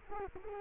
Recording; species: mosquito wingbeat signal from an infrared sensor; Culex quinquefasciatus